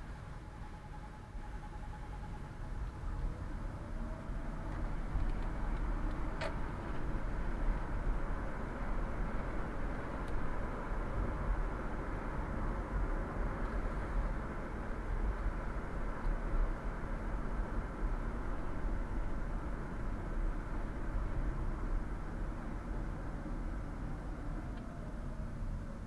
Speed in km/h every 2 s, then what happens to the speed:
9, 16, 21, 31, 38, 41, 41, 40, 38, 35, 31, 29, 22.
0-9 speeds up to 41. 9-17 steady at about 40. 17-26 slows to 22.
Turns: none.